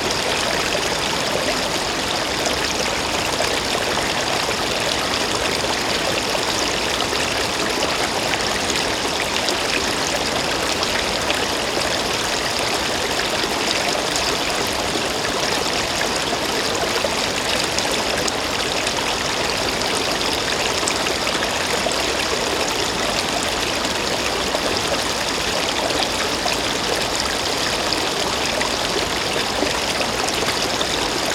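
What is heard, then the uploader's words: A stream runs in Norway in November, its rushing water steady and dense from start to finish without any break. The flow is a full hiss of splashing with brighter trickles on top and a low churn beneath. The sound of a stream in Maridalen, Norway, on a foggy afternoon in November. Norwegian Stream in November.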